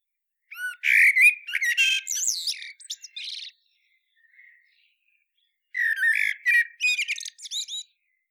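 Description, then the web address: Common blackbird song: two phrases opening with a fluty warble and breaking into squeaky, high twittering, separated by about two seconds of near silence. "SETE data Turdus merula"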